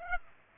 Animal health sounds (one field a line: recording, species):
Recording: mosquito wingbeat signal from an infrared sensor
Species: Aedes aegypti